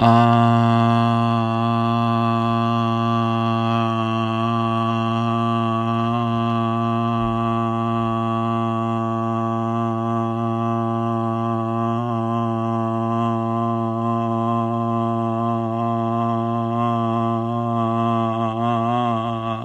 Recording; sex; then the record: sustained vowel /a/; male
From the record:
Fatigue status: no fatigue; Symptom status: asymptomatic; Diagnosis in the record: COVID-19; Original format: m4a